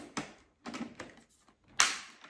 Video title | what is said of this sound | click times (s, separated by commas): The Ultimate Cleaning Companion - Powerful 600W Cordless Vacuum | and it unsnaps | 0.2 s